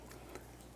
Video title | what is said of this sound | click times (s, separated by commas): Most Wireless Speakers Are Trash... Sony BRAVIA Theater Quad Surprised Me! | That's just going to snap right into those little holes right there. | 0.3 s